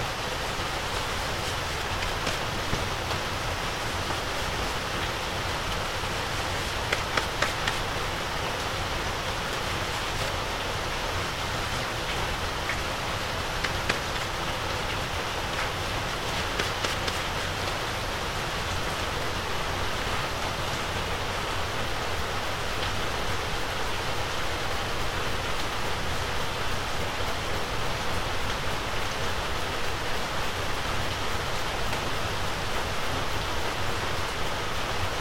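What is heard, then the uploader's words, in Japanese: Steady rain falls on an evening before a typhoon, a dense, even hiss that fills the whole range from low rumble to bright spatter. Small clicks and taps stand out around seven, fourteen and seventeen seconds, like seeds dropping under the eaves. 台風前の雨降りの夕方、軒下で乾かしていた人参のタネを落としています。手でしごき落とし、バラしていきます。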